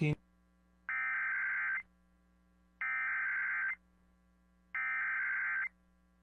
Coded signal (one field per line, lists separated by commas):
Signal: Emergency Alert System (SAME) tones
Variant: header bursts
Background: speech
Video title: SoCal IS FINALLY GETTING RAIN PART 2... EAS Alerts from 10/14/25 (EAS #6,341 - 6,379)